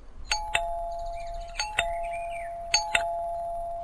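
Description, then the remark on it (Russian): An electronic doorbell rings at the door of a house in two bursts, each a pair of sharp chimes, with a steady ringing tone sustained between them. Loud and clear, no voices. “От резкого звонка Галочка тотчас проснулась.”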